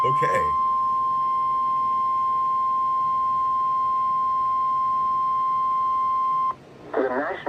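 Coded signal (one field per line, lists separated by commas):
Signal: Emergency Alert System (SAME) tones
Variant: 1050 Hz attention tone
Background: speech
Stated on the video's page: Two required weekly tests received on NOAA Weather Radio in San Diego.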